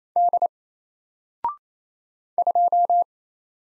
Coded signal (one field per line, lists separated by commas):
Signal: Morse code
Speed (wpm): 27 wpm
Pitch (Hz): 700 Hz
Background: none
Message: D 2